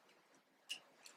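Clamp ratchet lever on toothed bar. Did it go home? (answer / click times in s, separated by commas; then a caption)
yes / 0.7 s, 1.1 s. On a second try, the spring lever of a ratcheting clamp engages a tooth on the toothed bar with a sharp tick at 0.7 s, followed by a second, fainter tick at 1.1 s against a quiet background. The lever locks into place.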